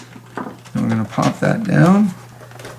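The plastic back shell of a game controller is being handled, hooked in at its sloped end and about to be pressed down onto the front half until its clips snap closed. Someone talks over a few soft handling taps. Nothing has seated or clicked yet.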